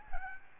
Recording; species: mosquito wingbeat signal from an infrared sensor; Aedes albopictus